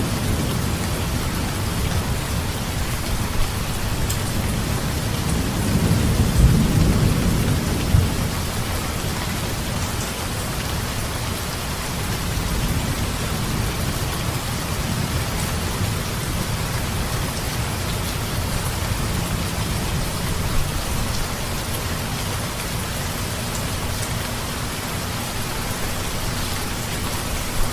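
Steady, dense rain hisses evenly across the whole recording, with a constant patter of drops on a surface. Around six to eight seconds a low roll of thunder swells and fades, and a softer rumble returns faintly near fifteen seconds.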